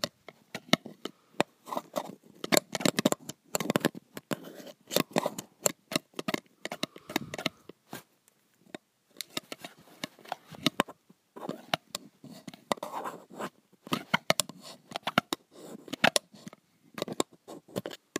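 A pencil moves across metal in a rapid run of short, crisp scratches and ticks, bright and dry. The strokes come in dense bursts with brief pauses, a longer gap near the eight-second mark, then resume at a similar busy pace to the end.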